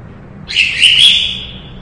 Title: Suara Burung Cucak Ijo Gacor, Kicauan Terbaik 2017